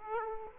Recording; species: mosquito wingbeat signal from an infrared sensor; Aedes aegypti